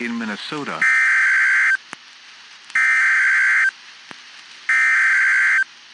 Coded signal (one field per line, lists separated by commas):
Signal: Emergency Alert System (SAME) tones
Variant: header bursts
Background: speech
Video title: PDS Tornado Warning Minnesota Noaa Weather Radio Station WWG98 Park Rapids, MN 7/6/26